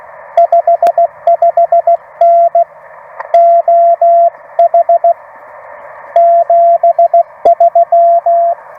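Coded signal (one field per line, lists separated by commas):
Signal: Morse code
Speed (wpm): 15 wpm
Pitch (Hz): 690 Hz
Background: radio noise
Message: 55N OH 73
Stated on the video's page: CW Parks on the Air activation, used as copy practice.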